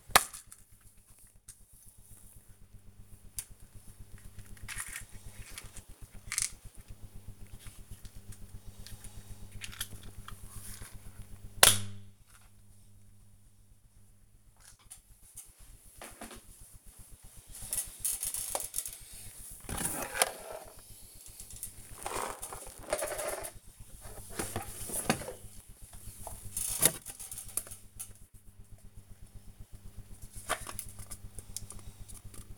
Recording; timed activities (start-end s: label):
household activities, microphone on the right wrist
0.00-32.58 s: tidy up the cupboard